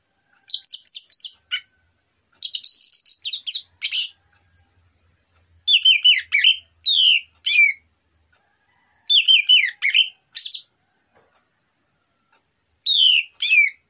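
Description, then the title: Orange-headed thrush singing short, varied phrases of downslurred whistles and buzzy chirps, separated by short gaps. Relaxed morning song, used as a lure. "Pancingan Anis Merah Plong Santai Pagi Hari"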